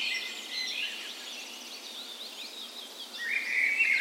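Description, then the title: Birds of a dawn chorus singing, thin high chirps and trills overlapping, a brighter warbling phrase near the end, steady background hiss. Dawn chorus in a park west in Bergen, Norway, on the morning of 17 May, Norway's National Day, in spring; recorded with Sony PCM A10 and LOM micro Usi mics as tree ears. "17th Of May Dawn Chorus"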